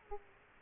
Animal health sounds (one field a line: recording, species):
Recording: mosquito wingbeat signal from an infrared sensor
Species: Aedes aegypti